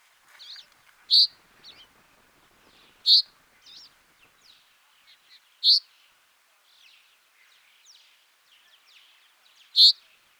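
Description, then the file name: Common chaffinch calls: four sharp, high single notes at irregular intervals, with fainter, softer chirps between. "Fringilla coelebs"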